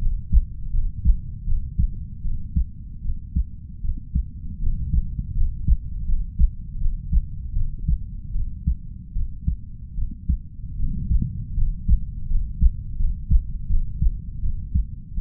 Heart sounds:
heart sounds by stethoscope; 79 bpm
0.71 s: heartbeat
1.44 s: heartbeat
2.22 s: heartbeat
3.02 s: heartbeat
3.81 s: heartbeat
4.59 s: heartbeat
5.34 s: heartbeat
6.05 s: heartbeat
6.78 s: heartbeat
7.53 s: heartbeat
8.32 s: heartbeat
9.13 s: heartbeat
9.95 s: heartbeat
10.76 s: heartbeat
11.54 s: heartbeat
12.27 s: heartbeat
12.96 s: heartbeat
13.67 s: heartbeat
14.40 s: heartbeat
15.14 s: heartbeat
From the record:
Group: healthy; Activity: cold pressor test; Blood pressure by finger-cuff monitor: 124/70 mmHg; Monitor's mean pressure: 87 mmHg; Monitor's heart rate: 80 bpm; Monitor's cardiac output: 6.3 L/min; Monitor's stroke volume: 79 mL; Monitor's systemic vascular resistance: 1010 dyn s/cm5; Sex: female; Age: 32 years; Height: 168 cm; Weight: 61.9 kg

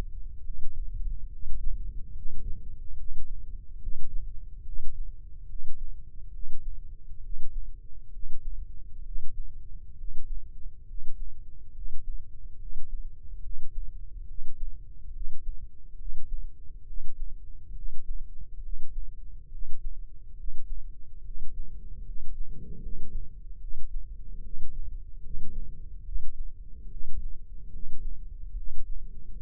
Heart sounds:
heart sounds by microphone in the left ear; 70 bpm
0.39 s: heartbeat
1.26 s: heartbeat
2.09 s: heartbeat
2.92 s: heartbeat
3.75 s: heartbeat
4.60 s: heartbeat
5.43 s: heartbeat
6.28 s: heartbeat
7.17 s: heartbeat
8.07 s: heartbeat
8.99 s: heartbeat
9.92 s: heartbeat
10.82 s: heartbeat
11.69 s: heartbeat
12.54 s: heartbeat
13.37 s: heartbeat
14.22 s: heartbeat
15.08 s: heartbeat
15.93 s: heartbeat
16.81 s: heartbeat
17.70 s: heartbeat
18.57 s: heartbeat
19.46 s: heartbeat
20.31 s: heartbeat
21.18 s: heartbeat
21.99 s: heartbeat
22.76 s: heartbeat
23.55 s: heartbeat
24.38 s: heartbeat
25.17 s: heartbeat
25.99 s: heartbeat
26.85 s: heartbeat
27.66 s: heartbeat
28.51 s: heartbeat
29.35 s: heartbeat
From the record:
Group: healthy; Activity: cold pressor test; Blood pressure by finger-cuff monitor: 87/67 mmHg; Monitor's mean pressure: 74 mmHg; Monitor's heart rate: 70 bpm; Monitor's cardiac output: 4.8 L/min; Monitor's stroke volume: 70 mL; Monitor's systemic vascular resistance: 1090 dyn s/cm5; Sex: male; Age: 20 years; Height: 187 cm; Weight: 68.9 kg

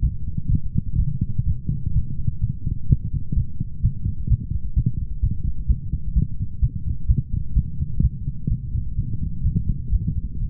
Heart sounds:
heart sounds by stethoscope; 127 bpm
0.01 s: heartbeat
0.49 s: heartbeat
0.97 s: heartbeat
1.46 s: heartbeat
1.93 s: heartbeat
2.41 s: heartbeat
2.88 s: heartbeat
3.35 s: heartbeat
3.82 s: heartbeat
4.29 s: heartbeat
4.75 s: heartbeat
5.22 s: heartbeat
5.68 s: heartbeat
6.14 s: heartbeat
6.61 s: heartbeat
7.08 s: heartbeat
7.55 s: heartbeat
8.02 s: heartbeat
8.49 s: heartbeat
8.96 s: heartbeat
9.43 s: heartbeat
9.91 s: heartbeat
10.39 s: heartbeat
From the record:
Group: healthy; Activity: light exercise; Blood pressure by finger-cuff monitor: 183/119 mmHg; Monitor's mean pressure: 136 mmHg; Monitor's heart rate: 127 bpm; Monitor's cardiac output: 10.6 L/min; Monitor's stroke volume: 83 mL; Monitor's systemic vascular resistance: 960 dyn s/cm5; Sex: male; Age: 24 years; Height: 184 cm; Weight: 89 kg

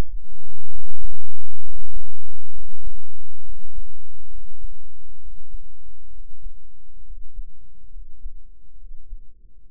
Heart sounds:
heart sounds by microphone in the right ear; 67 bpm
0.67 s: heartbeat
1.58 s: heartbeat
2.49 s: heartbeat
3.40 s: heartbeat
4.27 s: heartbeat
5.16 s: heartbeat
6.08 s: heartbeat
7.01 s: heartbeat
7.88 s: heartbeat
8.75 s: heartbeat
9.66 s: heartbeat
From the record:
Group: healthy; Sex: male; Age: 20 years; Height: 167 cm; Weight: 61 kg

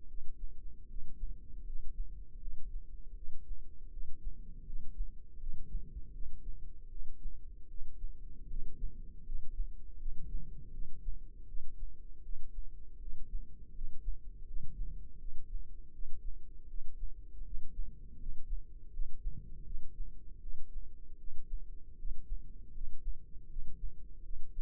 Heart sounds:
heart sounds by microphone in the left ear; 80 bpm
0.07 s: heartbeat
0.87 s: heartbeat
1.64 s: heartbeat
2.38 s: heartbeat
3.13 s: heartbeat
3.89 s: heartbeat
4.64 s: heartbeat
5.38 s: heartbeat
6.11 s: heartbeat
6.88 s: heartbeat
7.67 s: heartbeat
8.47 s: heartbeat
9.23 s: heartbeat
9.97 s: heartbeat
10.70 s: heartbeat
11.45 s: heartbeat
12.21 s: heartbeat
12.98 s: heartbeat
13.72 s: heartbeat
14.45 s: heartbeat
15.17 s: heartbeat
15.91 s: heartbeat
16.67 s: heartbeat
17.43 s: heartbeat
18.17 s: heartbeat
18.90 s: heartbeat
19.63 s: heartbeat
20.39 s: heartbeat
21.16 s: heartbeat
21.95 s: heartbeat
22.72 s: heartbeat
23.47 s: heartbeat
24.21 s: heartbeat
From the record:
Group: healthy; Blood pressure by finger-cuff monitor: 112/66 mmHg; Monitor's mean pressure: 82 mmHg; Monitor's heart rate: 80 bpm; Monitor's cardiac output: 8 L/min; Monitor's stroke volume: 100 mL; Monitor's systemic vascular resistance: 750 dyn s/cm5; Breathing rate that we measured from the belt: 14 breaths a minute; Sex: male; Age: 33 years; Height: 179 cm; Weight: 80.4 kg

